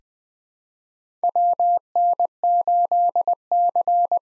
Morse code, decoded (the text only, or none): WN8C